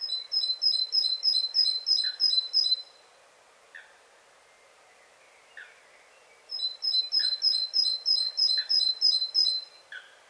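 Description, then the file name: Great tit song in two bouts of rapid, repeated high two-note phrases, separated by a pause with a few scattered soft lower chirps. "Parus major"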